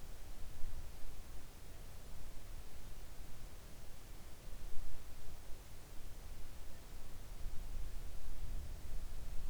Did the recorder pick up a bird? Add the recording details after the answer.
no. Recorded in the Arctic National Wildlife Refuge, Alaska, on 3 August 2019 at 06:07. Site 41